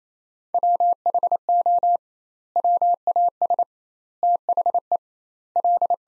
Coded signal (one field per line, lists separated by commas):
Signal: Morse code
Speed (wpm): 28 wpm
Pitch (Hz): 700 Hz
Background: none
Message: WHO WAS THE L